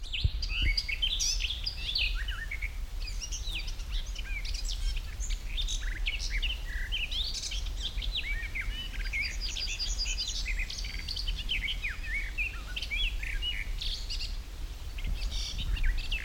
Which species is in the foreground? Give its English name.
Garden Warbler